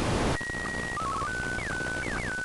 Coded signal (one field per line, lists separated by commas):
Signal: SSTV (slow-scan television)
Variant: Martin 1